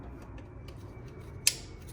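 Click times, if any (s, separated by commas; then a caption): 1.5 s. A wiring harness connector is snapped back onto its socket at the back of the engine during a 10-rib Whipple supercharger belt install on a 2018 Ford F-150. After a low, steady background with a faint tick near 0.7 s, one sharp, bright click at 1.5 s marks the connector seating fully into place.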